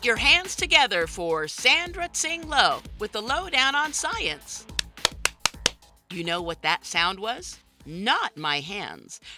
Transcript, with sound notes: your hands together for…… Sandra Tsing Loh… with the Loh Down on Science! *clapping* You know what that sound was? NOT my hands!